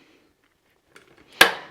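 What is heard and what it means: A torque screwdriver tightens the earth bar terminal screw holding the CPC until it gives a single click at its 2 Nm setting. Faint tool handling and a small tap near 1.0 s lead to one sharp, bright click at 1.4 s that rings down over the next few tenths of a second. The screw has reached the required torque.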